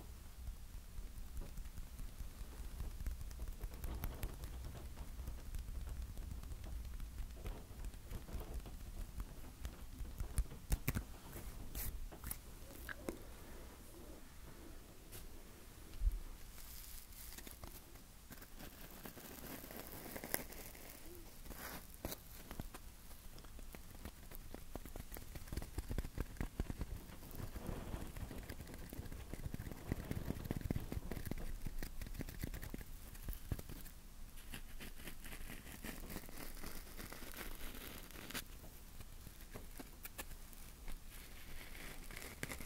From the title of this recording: Tapping & Scratching